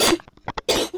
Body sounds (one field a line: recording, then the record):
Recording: coughing mixed with background sound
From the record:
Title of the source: 61 morning phlegmy cough...again